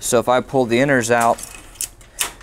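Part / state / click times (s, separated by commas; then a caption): inner member of a sliding rack rail in its outer rail / seated / 1.8 s, 2.2 s. Someone talks while the inner member of a metal sliding rack rail for an HPE ProLiant DL580 Gen9 server is pulled out of its outer rail. Sharp latch clicks come at 1.8 s and 2.2 s as the extended inner member locks into place.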